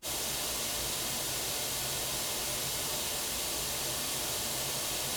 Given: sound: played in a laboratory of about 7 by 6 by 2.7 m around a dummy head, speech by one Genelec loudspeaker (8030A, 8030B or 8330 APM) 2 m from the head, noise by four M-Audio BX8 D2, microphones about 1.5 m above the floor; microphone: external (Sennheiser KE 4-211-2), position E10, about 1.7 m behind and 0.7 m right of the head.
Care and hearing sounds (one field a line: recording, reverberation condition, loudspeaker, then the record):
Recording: white noise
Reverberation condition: low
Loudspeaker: four, about 170 cm from the corners of the room and facing them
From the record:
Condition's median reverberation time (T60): about 310 ms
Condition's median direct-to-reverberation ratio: about 3.5 dB